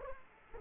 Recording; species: mosquito wingbeat signal from an infrared sensor; Culex quinquefasciatus